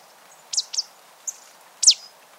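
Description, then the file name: Marsh tit calls: a quick pair of high, downslurred notes, a brief soft chip, then a louder sharp downward note, all clear against faint hiss. "Poecile palustris"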